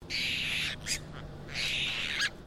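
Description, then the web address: Apostlebirds calling: two long, harsh, buzzy rasping calls separated by a short gap, with brief scratchy notes between them over a low background hum. A group of birds calling. "Foundation Updates BIRD APOSTLE BIRD GROUP CALL"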